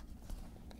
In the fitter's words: and it locks into place